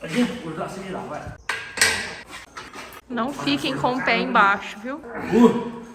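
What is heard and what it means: A V8 engine on a rotating engine stand is being turned by hand while someone talks, with metallic knocks and clatter around 1.8 s and 2.6 s. The clip ends before the stand's rotation lock engages; nothing has seated or clicked yet.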